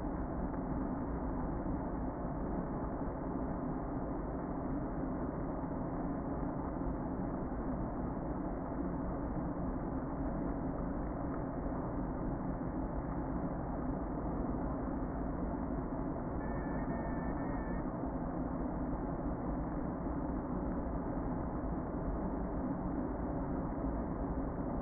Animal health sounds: honeybee colony, microphone inside the hive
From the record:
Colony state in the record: queen present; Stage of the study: before two queens were removed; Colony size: about 60,000 bees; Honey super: yes

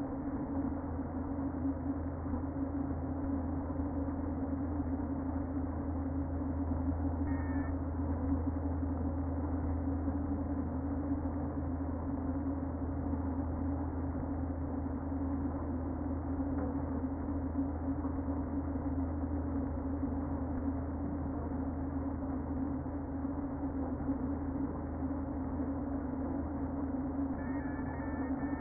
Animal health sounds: honeybee colony, microphone inside the hive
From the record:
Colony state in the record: queen present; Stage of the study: before two queens were removed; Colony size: about 60,000 bees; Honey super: yes

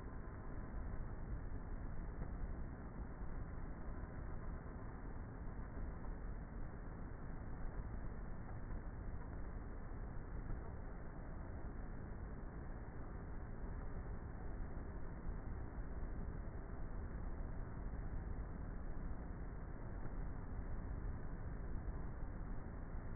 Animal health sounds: honeybee colony, microphone inside the hive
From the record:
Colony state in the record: queenless with a low population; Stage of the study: before two queens were removed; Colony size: about 30,000 bees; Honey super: no

